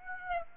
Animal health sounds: mosquito wingbeat signal from an infrared sensor; Aedes aegypti

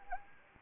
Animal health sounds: mosquito wingbeat signal from an infrared sensor; Anopheles arabiensis

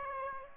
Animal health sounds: mosquito wingbeat signal from an infrared sensor; Aedes aegypti

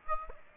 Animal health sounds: mosquito wingbeat signal from an infrared sensor; Aedes aegypti

